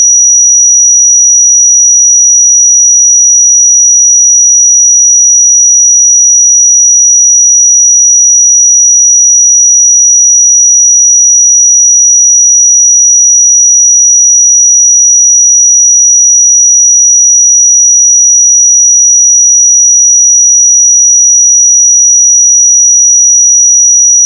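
A pure 5818 Hz sine tone sounds continuously for the whole clip, thin and piercingly high. Its pitch and loudness hold perfectly steady from start to finish, with no breaks, wavering or background sounds.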